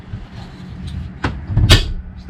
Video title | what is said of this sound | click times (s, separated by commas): 2020 Rockwood GeoPro 19BH Walkthrough | snaps into place for travel | 1.2 s